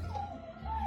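A single abrupt, harsh, wet-sounding cough burst from a dog.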